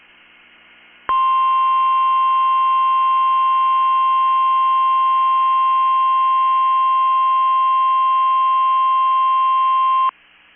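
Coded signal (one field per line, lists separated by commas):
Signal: Emergency Alert System (SAME) tones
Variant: 1050 Hz attention tone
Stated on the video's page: NOAA Weather Radio required weekly test EAS tones.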